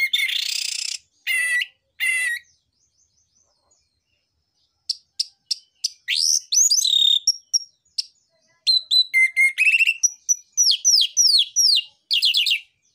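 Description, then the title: Orange-headed thrush with harsh buzzy notes at first, then a long, lively sequence of varied whistles, sharp clicks and fast repeated slurred notes. Lure and tutor recording of an energetic orange-headed thrush singing dense fill material, meant for training young spotted-plumage orange-headed thrushes. "PANCINGAN Anis Merah Gacor Materi Isian Rapat Cocok Untuk MASTERAN Anis Merah TROTOL"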